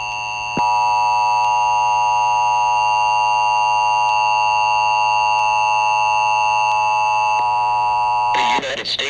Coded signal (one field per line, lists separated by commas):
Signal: Emergency Alert System (SAME) tones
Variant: 853 and 960 Hz attention tone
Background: speech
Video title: My reaction for Edward’s Vlog and Reacting Channel EAS Scenario rattled (read description)